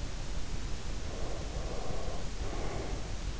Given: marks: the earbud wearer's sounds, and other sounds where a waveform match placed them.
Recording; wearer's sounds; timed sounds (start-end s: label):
sounds in sleep by an in-ear microphone; breath
0.93-3.33 s: breath